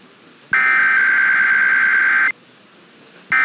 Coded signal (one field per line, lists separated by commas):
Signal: Emergency Alert System (SAME) tones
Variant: header bursts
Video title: KCBS 740 Automated Weekly Test (EAS #10026) 3/5/23